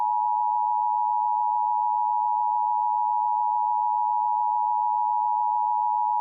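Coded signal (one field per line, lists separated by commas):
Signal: Emergency Alert System (SAME) tones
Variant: 853 and 960 Hz attention tone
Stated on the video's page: Fictional EAS scenario about a wildfire, with valid tones.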